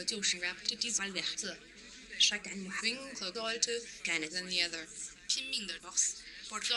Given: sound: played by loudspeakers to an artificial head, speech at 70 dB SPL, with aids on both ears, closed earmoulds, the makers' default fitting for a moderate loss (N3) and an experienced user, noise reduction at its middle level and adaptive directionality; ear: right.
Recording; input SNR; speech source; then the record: speech test signal (ISTS) in cocktail-party noise; +6 dB; on the right (90 degrees)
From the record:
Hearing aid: class 1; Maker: H